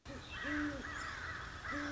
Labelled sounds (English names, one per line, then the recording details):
Great Horned Owl
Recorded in Sonoma County, California